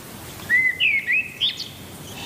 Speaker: 天还未亮，鸟儿们就开始鸣叫，顺序几乎是固定的。